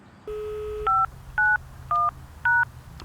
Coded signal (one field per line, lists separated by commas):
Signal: DTMF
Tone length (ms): 200 ms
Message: 591#